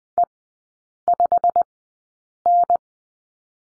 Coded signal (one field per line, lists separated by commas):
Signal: Morse code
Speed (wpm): 20 wpm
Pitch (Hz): 700 Hz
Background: none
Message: E5N